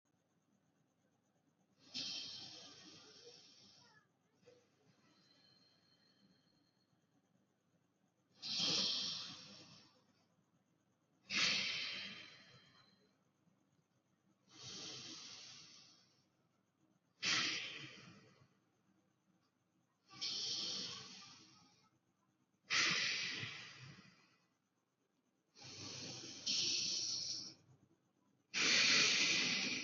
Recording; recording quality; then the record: deep breathing; moderate, slight background noise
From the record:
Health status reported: healthy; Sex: male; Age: 19 years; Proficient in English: yes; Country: India